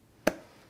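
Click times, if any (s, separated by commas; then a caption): 0.3 s. A RAM memory module is pressed down into a motherboard DIMM slot. A single sharp click sounds at 0.3 s as its retention tabs snap shut, and the module is seated, clicked in on both sides.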